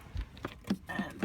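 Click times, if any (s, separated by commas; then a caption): 1.2 s. A BMW rear cargo blind in the car's luggage compartment is pulled out by its middle ribbon and its end pushed into the holder on the trim, with soft knocks and rustles along the way. It clicks into its catch at 1.2 s and is seated.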